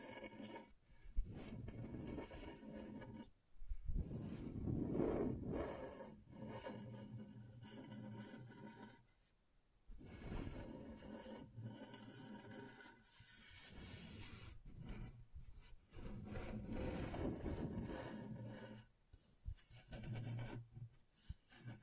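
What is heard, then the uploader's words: A tool scratches and rubs across a scratchboard in long, dense rasping passages, steady and gritty, with a low rumble underneath and a bright hiss on top. The strokes pause briefly around 3.5, 10, 14.5 and 19 seconds before resuming. ASMR Brain Tingling Scratchboard (No Talking).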